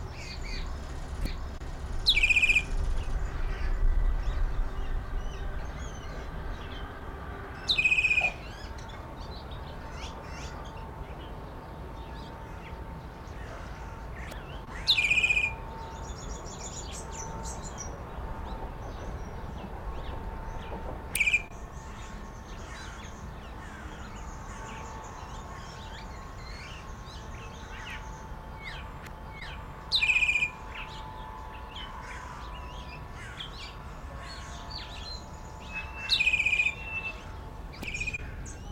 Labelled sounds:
Scarlet-headed Blackbird (Amblyramphus holosericeus)
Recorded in captivity
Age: adult
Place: Zoo Berlin, Berlin, DE
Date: 1993-03-20 13:07
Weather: 5-8°C, böiger Wind
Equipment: Marantz CP 430, Sennheiser ME 80, Kopie Uher Variocord 263
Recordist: Tembrock, Günter

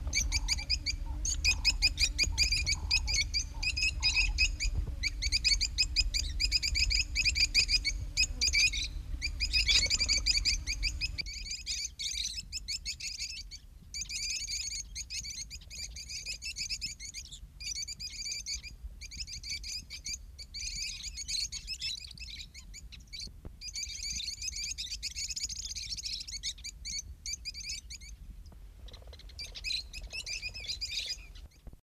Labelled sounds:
Rosy-faced Lovebird (Agapornis roseicollis) call
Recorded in the wild
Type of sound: call
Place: Embela, ER
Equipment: Halbspur, 9,5 cm/s
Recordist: Lütgens, Hans
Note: Kolonie im Siedelwebernest

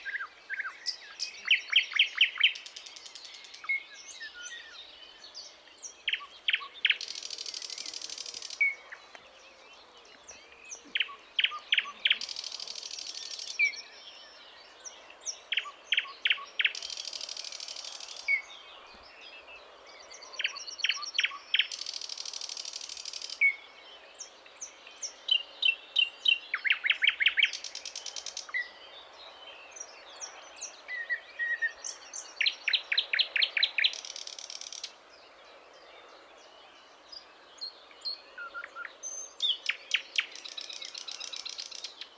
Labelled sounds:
Thrush Nightingale (Luscinia luscinia) song
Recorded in the wild
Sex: male
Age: adult
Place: Zagórów, Nadwarcianski Park Krajobrazowy, Greater Poland Voivodeship, PL
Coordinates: 52.1803, 17.9094
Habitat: deciduous forest edge
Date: 2017-05-25 08:40
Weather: heavy cloud, light breeze
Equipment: Marantz PMD660 recorder, Sennheiser ME67 directional microphone
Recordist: Souriau, Abel

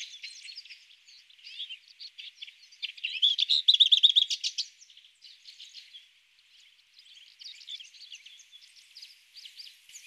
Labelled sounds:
Lesser Whitethroat (Sylvia curruca) song
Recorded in the wild
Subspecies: althaea
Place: Chimgan, UZ
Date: 2001-05-25
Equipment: MiniDisc Sharp MT 20 H
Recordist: Schwarz, Dieter

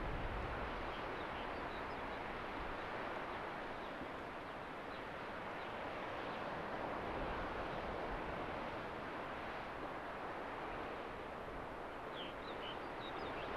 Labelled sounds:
Arctic Fox (Vulpes lagopus)
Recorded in the wild
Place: Insel Mednyi, Kommandeur-Inseln, RU
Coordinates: 54.5167, 168.083
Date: 1999-07-16 18:35
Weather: bedeckt, 10°C, schwacher Südwestwind
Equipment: Sony WM-D6C, Sennheiser ME 80, K 30 AV, Windkorb, Kopie Tascam DA 30
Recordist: Jakupi, Antje

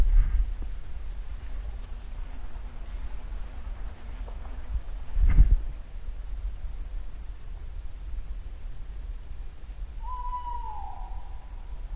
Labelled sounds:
Tawny Owl (Strix aluco)
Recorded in the wild
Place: Niederspree, Niederspreer Teichgebiet, Sachsen, DE
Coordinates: 51.3939, 14.8722
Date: 2008-07-30 22:25
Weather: heiter, 20°C, schwacher Wind
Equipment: Fostex FR2-LE, Sennheiser ME66, Popschutz
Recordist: Frommolt, Karl-Heinz

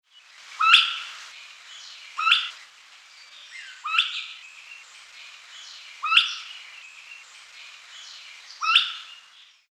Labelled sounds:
Elegant Crested Tinamou (Eudromia elegans)
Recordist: Tembrock, Günter
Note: Rufreihe

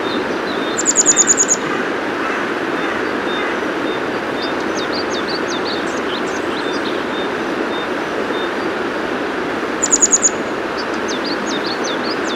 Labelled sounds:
Grey Wagtail (Motacilla cinerea) song
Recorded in the wild
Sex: male
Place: Thale, Sachsen-Anhalt, DE
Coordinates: 51.731, 11.063
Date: 1978-05-04
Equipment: Nagra III BH, Sennheiser MD 21, parabola
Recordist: Schubert, Michael
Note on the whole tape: Gesang Gebirgsstelze Männchen

